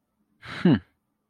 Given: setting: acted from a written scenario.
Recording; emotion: vocal sound without words; realization